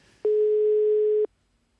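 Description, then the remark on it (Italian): A single steady, mid-pitched electronic tone sounds for about one second, then cuts off cleanly, like the ringback beep heard while an outgoing call to a mobile phone rings. No one speaks. “Me a quest'ora, quando qualcuno sente squillare il cellulare...”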